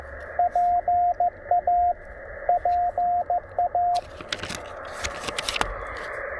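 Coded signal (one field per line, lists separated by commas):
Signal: Morse code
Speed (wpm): 15 wpm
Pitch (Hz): 710 Hz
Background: radio noise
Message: PA PA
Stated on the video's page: QRP CW for a park (POTA) activation, TR-45L radio, MC-750 antenna, sent with a bug emulator and paddle.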